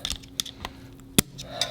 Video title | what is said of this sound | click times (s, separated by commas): Subaru STI 6 Speed Transmission Rebuild Part 2 of 2 - Rebuilding A Neglected STI Ep. 18 | There we go. That's what you want, a little click. | 1.2 s